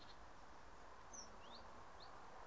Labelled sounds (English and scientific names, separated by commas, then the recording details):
Great Tit (Parus major)
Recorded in Germany
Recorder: ecoPi